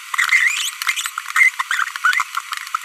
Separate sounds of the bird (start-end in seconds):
1.36-1.49, 2.04-2.22